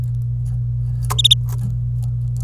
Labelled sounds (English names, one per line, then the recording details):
Domestic Canary song
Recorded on 26 April 2018 at 09:05
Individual llb3